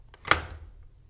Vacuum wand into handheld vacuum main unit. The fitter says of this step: Finally, slot the wand back onto the main unit until you hear it click into place.